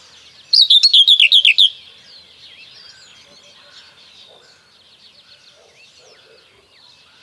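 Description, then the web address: Common whitethroat song: a single fast phrase of repeated, buzzy, downslurred notes lasting about a second, followed by several seconds of soft, faint background twittering. "Kurs PTTK Przyroda Ptaki Cierniówka"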